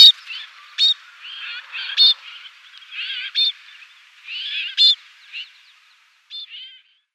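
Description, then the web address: Snowfinch giving varied nasal, wavering calls mixed with a few sharp, short notes, spaced irregularly with short gaps. "Schulze Peter Snowfinch calls"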